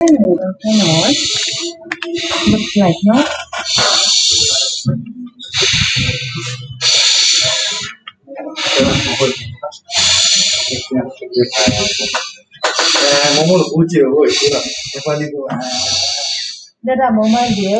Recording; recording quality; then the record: deep breathing; moderate, slight background noise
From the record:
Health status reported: healthy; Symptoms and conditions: sore throat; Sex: male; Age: 30 years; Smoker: not ticked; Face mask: not worn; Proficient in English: yes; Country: India